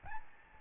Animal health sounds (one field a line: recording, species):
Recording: mosquito wingbeat signal from an infrared sensor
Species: Aedes albopictus